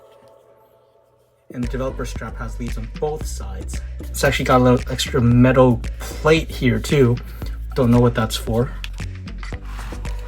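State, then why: Not seated. A plastic developer strap arm with electrical contact leads on both sides and a small extra metal plate is handled next to the side of an Apple Vision Pro headset, where it connects to the frame. After a quiet opening, someone talks over background music, and brief handling taps come near 9.0 and 9.4–9.5 seconds. The strap has not yet seated or clicked into the headset.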